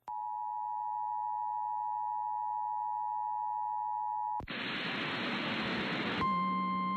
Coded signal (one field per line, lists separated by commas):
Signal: Emergency Alert System (SAME) tones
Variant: 853 and 960 Hz attention tone